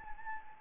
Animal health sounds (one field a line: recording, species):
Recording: mosquito wingbeat signal from an infrared sensor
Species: Anopheles gambiae